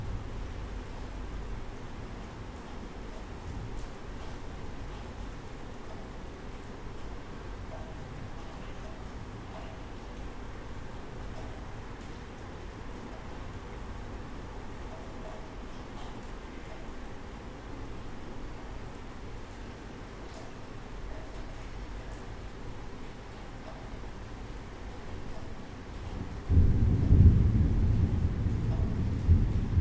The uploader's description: In the rain, birds come again!